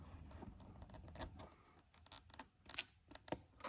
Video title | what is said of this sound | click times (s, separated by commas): E46 M3 - CSL Airbox DIY and Driving Videos Showing the Amazing Sound - Must Have Mod for your BMW M3 | there it is you can hear it click | 2.7 s, 3.3 s